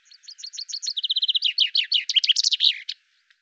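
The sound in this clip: Common chaffinch singing a quick cascade of high chips that settles into a fast rattling trill and finishes with a bright, tumbling terminal flourish; one faint click follows.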